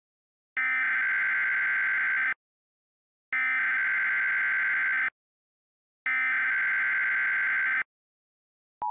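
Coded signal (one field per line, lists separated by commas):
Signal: Emergency Alert System (SAME) tones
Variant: header bursts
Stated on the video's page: Mock Emergency Alert System alert for a nuclear outbreak, described as using valid SAME tones.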